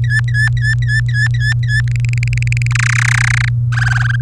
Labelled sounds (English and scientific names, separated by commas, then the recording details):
Domestic Canary (Serinus canaria) song
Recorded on 23 April 2018 at 18:20
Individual llb3